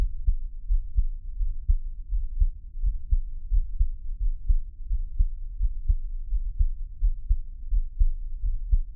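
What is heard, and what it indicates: A Taiwanese ASMR creator's own adult heartbeat, close up, with no talking: soft, muffled low thumps repeat steadily at about 86 beats a minute, with a faint low hum between beats. An ordinary heartbeat with a regular rhythm.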